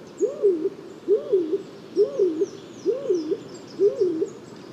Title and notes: Viikon luontoääni: Uuttukyyhky. Viikon luontoäänen esitteli Juha Laaksonen. Kuva: Juha Laaksonen. Yle